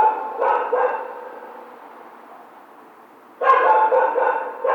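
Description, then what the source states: Coyote harsh barking: a pair of short barks, a gap of quieter hiss, then a loud bark-howl burst and another bark at the very end. Howl, recorded 16 March 2010.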